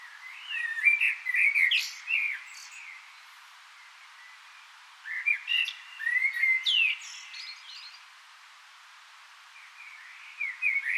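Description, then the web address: Common blackbird singing two long, fluting, warbled phrases, each trailing into high squeaky twitters, with a silent gap between them and a third beginning at the end. "SETE Turdus merula"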